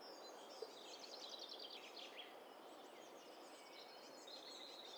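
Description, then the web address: Mixed birdsong with overlapping rapid high twitters and trills from several birds, quiet against constant background hiss. Mixture of several birds, recorded in stereo. "Hi Fi STEREO BIRD COCKTAIL PARTY Challenge SBCP TESTSET HDBird Cocktail Party-029"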